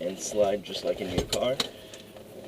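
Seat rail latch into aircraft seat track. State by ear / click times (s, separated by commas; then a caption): not seated / none. In an aircraft cockpit, the seat is being adjusted with its pull-up knob so it can slide along the seat track while someone talks throughout. A brief sharp sound occurs near 1.9 s, but the seat rail latch has not yet clicked or locked into the track.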